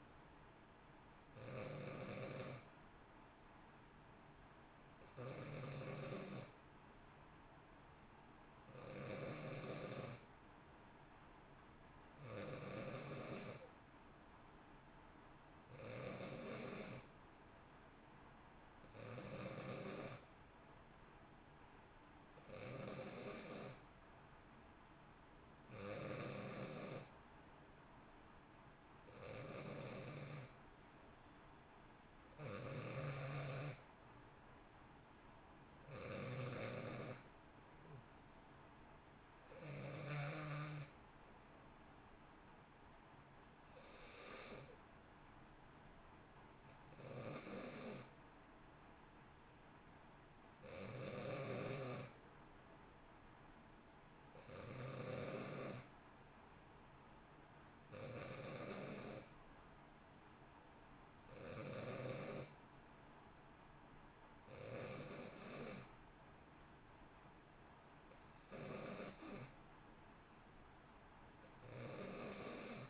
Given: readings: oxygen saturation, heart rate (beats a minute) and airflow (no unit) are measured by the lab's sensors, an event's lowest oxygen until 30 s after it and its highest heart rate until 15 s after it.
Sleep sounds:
breathing in sleep by a voice recorder at the bedside; none
none scored
From the record:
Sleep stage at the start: N2 (light sleep); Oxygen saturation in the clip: 90 to 92%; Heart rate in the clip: 58 to 64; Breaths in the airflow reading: 21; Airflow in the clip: -1.0 to 1.6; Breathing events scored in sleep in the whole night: 328 in 6.3 hours asleep

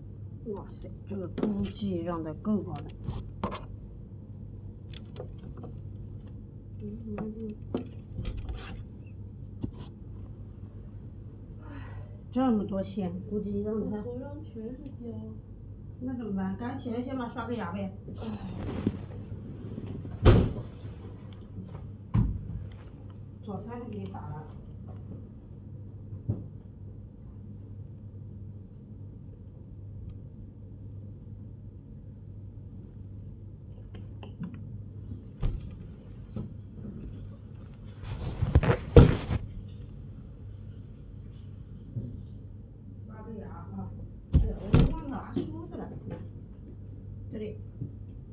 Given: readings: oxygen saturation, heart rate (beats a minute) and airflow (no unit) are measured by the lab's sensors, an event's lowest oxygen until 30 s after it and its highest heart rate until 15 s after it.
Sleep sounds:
a person awake in a sleep study, by a smartphone at the bedside; none
0.00-48.33 s: awake
0.00-48.33 s: awake
From the record:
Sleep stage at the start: awake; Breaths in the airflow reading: 18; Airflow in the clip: -0.6 to 0.6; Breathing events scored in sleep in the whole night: 103 in 8.4 hours asleep

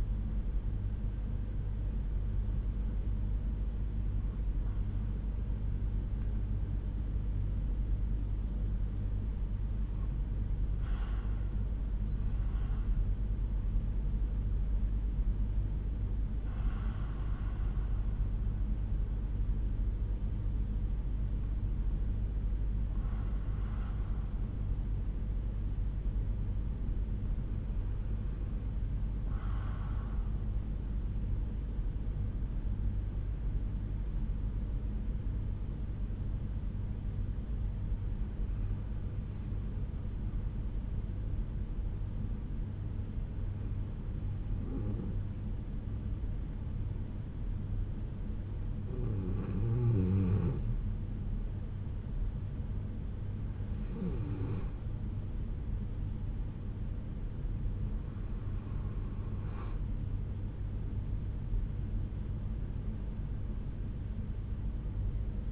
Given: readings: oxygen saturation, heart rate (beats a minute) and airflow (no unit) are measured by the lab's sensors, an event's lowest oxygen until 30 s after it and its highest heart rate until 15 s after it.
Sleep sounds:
breathing in sleep by a smartphone at the bedside; 1
2.00-32.00 s: new sleep stage, N3 (deep sleep)
25.00-52.50 s: hypopnea (N3, oxygen 96% highest, then 93% lowest, heart rate 61 at the start, 71 highest)
32.00-65.52 s: new sleep stage, N2 (light sleep)
From the record:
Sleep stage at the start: N2 (light sleep); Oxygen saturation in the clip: 92 to 96%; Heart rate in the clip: 60 to 72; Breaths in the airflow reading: 12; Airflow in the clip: -7.4 to 9.2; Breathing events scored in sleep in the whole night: 368 in 8.0 hours asleep

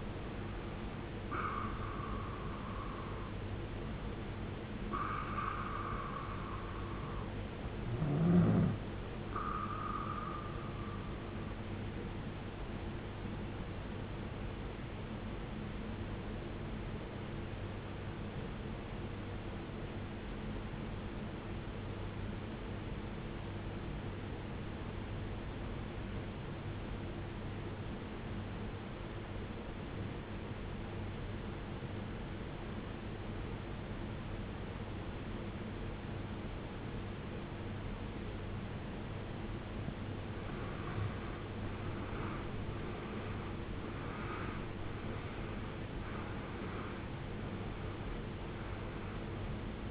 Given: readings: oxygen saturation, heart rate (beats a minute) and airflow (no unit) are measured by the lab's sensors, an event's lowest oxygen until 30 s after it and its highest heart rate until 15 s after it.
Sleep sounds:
breathing in sleep by a voice recorder at the bedside; 1
19.00-39.70 s: obstructive apnea (N2, oxygen 95% highest, then 81% lowest, heart rate 62 at the start, 79 highest)
42.00-49.91 s: new sleep stage, N1 (lightest sleep)
From the record:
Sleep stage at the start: N2 (light sleep); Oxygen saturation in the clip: 84 to 95%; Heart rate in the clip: 59 to 79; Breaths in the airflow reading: 7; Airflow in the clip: -19.3 to 18.8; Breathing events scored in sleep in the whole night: 389 in 6.3 hours asleep

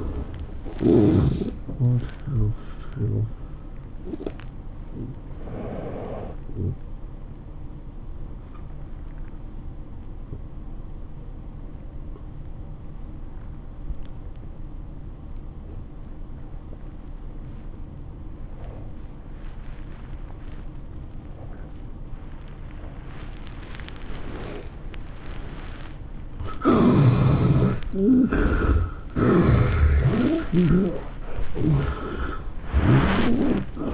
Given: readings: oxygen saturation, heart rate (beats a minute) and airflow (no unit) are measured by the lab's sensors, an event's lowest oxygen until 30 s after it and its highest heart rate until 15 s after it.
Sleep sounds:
breathing in sleep by a smartphone at the bedside; 1
3.00-28.00 s: hypopnea (N1, oxygen 97% highest, then 71% lowest, heart rate 110 at the start, 114 highest)
From the record:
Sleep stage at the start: N1 (lightest sleep); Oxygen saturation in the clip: 76 to 97%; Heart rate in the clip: 91 to 111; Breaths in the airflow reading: 5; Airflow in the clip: -14.3 to 13.4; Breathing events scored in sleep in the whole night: 403 in 5.5 hours asleep

